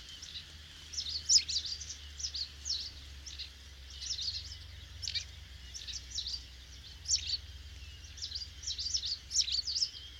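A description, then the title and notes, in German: A large flock of starlings chatters continuously, a dense mass of overlapping high whistles, clicks and squeaks with no pauses. Louder bursts stand out every second or so among the crowd. A low steady hum runs underneath throughout. Stare in der Lehmgrube Marloffstein (am Abend; Kopfhörerfassung). Eine Kunstkopfaufnahme con vielleicht 1000 Staren.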